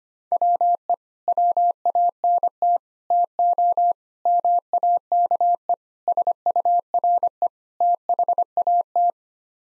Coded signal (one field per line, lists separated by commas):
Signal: Morse code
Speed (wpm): 25 wpm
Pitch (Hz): 700 Hz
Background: none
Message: WE WANT TO MAKE SURE THAT